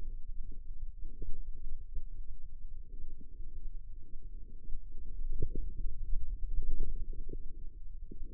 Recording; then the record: forearm muscle sounds (acoustic myography)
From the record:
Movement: ulnar deviation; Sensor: system 2, bracelet of six BSWA MPA416 microphones around the upper forearm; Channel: 5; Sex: male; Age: 22 years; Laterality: right